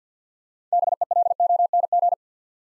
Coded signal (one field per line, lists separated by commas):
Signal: Morse code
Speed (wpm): 50 wpm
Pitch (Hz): 700 Hz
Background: none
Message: BELONG